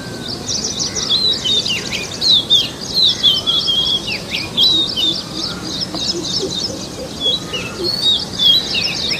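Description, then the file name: Oriental magpie-robin song, a dense run of high scratchy chirps, trills and sharp whistled notes, nearly continuous with brief pauses, over a steady hiss of background noise. Forest. "suara kacer hutan. omkicau"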